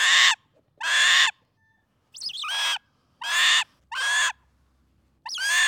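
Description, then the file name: Northern goshawk uttering loud, hoarse calls, six in all, spaced roughly a second apart. "Digiffects Sound Effects Library - Goshawk"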